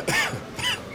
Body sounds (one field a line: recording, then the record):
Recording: coughing mixed with background sound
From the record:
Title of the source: Dry Afternoon Cough